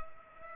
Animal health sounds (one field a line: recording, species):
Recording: mosquito wingbeat signal from an infrared sensor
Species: Culex pipiens